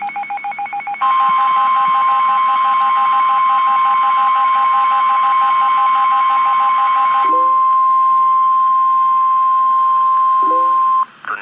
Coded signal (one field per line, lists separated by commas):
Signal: Emergency Alert System (SAME) tones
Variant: 1050 Hz attention tone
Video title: REAL EAS 737-Tornado warning